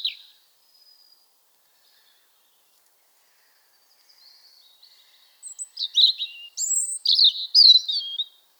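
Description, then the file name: European robin, faint thin notes at first, then a louder burst of high twittering phrases in the final few seconds. "Erithacus rubecula"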